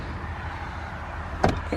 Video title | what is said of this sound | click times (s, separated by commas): Car Clean with Me and Tour - First Time Cleaning the New Car - 2016 Buick Enclave | pops into place and that | 1.4 s